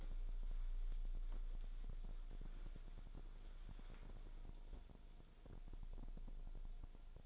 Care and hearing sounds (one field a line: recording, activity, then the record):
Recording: daily activity, microphone in the room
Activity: wipe stove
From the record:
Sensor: 5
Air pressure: 1000.6 hPa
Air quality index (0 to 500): 158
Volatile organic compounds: 2 ppm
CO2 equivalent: 1212 ppm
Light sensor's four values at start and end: 48/101/46/52 and 49/104/47/53